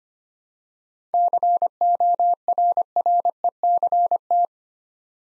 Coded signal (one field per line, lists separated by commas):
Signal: Morse code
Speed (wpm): 25 wpm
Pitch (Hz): 700 Hz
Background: none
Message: CORRECT